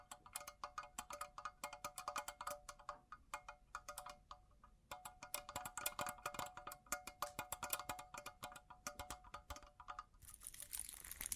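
Bling bling triggers: dense, rapid metallic tinkling and clinking with ringing chime-like tones, a brief lull near five seconds, then bright crinkling at the end.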